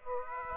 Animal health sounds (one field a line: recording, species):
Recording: mosquito wingbeat signal from an infrared sensor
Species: Aedes aegypti